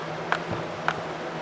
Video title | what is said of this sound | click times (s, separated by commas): Stihl trimmer throttle lock trigger repair (weedwacker) | you do you do have to kind of hold it otherwise it also kind of separate there that's clicking now you | 0.3 s, 0.9 s